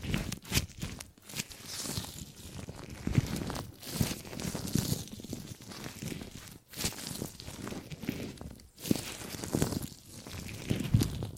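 Gripping and grabbing sounds, a dense run of rustling, crinkling and scraping handling noises that keeps going with little pause. Brief sharper grabs and crunches stand out around 0.5, 6.7 and 8.8 seconds, with a low thumping texture underneath throughout.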